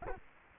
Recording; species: mosquito wingbeat signal from an infrared sensor; Culex quinquefasciatus